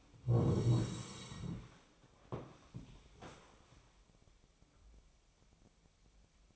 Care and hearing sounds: daily activity, microphone in the room; sit down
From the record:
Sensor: 1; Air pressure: 1000.5 hPa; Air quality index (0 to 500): 174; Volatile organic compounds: 4 ppm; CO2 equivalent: 1614 ppm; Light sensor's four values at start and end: 11/27/11/12 and 11/27/11/12

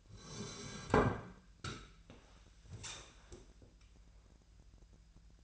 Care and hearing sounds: daily activity, microphone in the room; sit down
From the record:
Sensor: 2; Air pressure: 1001.6 hPa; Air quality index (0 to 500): 242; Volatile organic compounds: 76 ppm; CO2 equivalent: 3574 ppm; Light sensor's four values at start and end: 7/18/7/8 and 9/23/9/10

